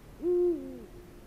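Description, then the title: Eurasian eagle-owl giving a single deep hoot, steady at first, then sliding slightly downward as it fades. "Viikon luontoääni: Huuhkaja"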